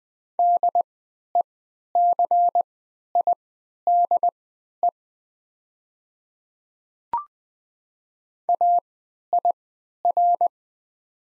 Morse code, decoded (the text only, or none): DECIDE AIR